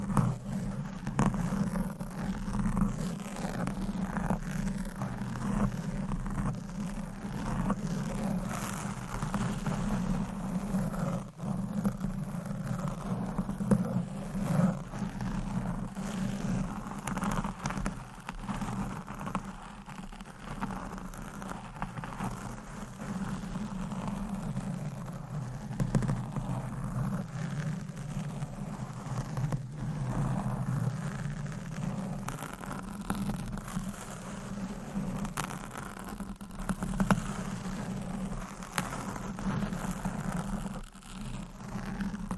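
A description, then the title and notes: Microphones are scratched in a continuous rough, rasping stream that runs the full length without a pause. The sound is dense and mostly low, with a thick rumbling core and quick gritty flickers on top. Its loudness wavers only slightly throughout. Mic Scratching - Brain Scratching on 10 Different Mics Asmr No Talking.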